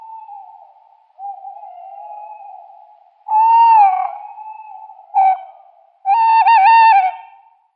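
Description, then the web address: Tawny owls exchanging calls, a steady low hoot running underneath while louder hoots break in three times, the last one wobbling. Pair display. "Schulze Peter Tawny Owl pair display"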